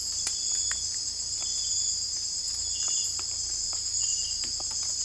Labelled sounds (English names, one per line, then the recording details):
none
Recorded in secondary vegetation near Puerto Asís, Putumayo, Colombia, on 18 December 2024 at 00:00
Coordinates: 0.481, -76.318
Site G042